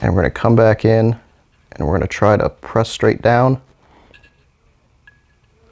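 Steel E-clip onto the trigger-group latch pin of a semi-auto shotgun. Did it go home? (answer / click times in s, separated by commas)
yes / 5.1 s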